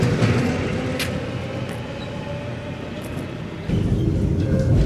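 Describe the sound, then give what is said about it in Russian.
A tram pulling away from a tram stop: its heavy low rumble and steady motor hum roll on throughout, with a couple of brief high metallic squeals, and the rumble swells louder near the end. “Трамвай уезжает.”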